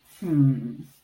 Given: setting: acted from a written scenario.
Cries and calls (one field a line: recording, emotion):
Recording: vocal sound without words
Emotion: confusion